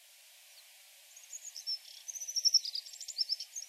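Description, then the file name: Alpine accentor calling: a faint note, then a busy run of high, rippling chirps and trilled notes. Recorded 24 August 2021 at Norikura. "iwahibari 2 norikura kuroda"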